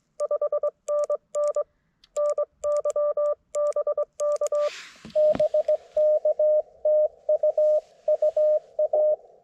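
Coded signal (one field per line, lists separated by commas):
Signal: Morse code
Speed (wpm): 20 wpm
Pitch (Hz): 590 Hz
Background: none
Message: 5NN NY BK BK TU UA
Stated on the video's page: QRP CW activation on a Penntek TR-35 under very poor solar and band conditions.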